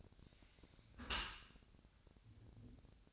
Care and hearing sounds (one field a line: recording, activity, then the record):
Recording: daily activity, microphone in the room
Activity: close dishwasher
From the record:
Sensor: 2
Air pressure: 1006.5 hPa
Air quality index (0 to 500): 203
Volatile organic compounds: 14 ppm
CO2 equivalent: 2477 ppm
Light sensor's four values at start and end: 9/21/9/9 and 9/21/9/9